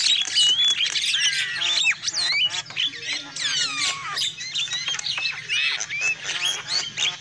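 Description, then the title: Lovebird flock chatter: continuous shrill squeaks, whistled upslurs and rasping notes tumbling over one another, with a low hum throughout. Lure call (pikat) used for trapping lovebirds. "PIKAT BURUNG LOVEBIRD"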